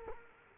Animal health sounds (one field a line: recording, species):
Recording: mosquito wingbeat signal from an infrared sensor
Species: Culex quinquefasciatus